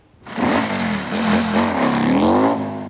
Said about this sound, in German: Das ist ein Motorrad. Ein Motorrad. Ein deutsches Motorrad.